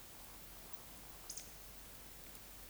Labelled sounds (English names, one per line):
Eurasian Woodcock whistle
Eurasian Woodcock croak